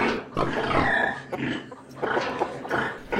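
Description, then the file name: Pig grunts and squeals: rough, noisy bursts with some higher squealing tones, coming in quick succession. "cochon"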